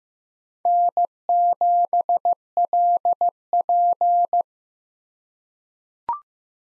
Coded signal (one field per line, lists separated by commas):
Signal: Morse code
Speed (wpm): 15 wpm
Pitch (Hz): 700 Hz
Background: none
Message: N7LP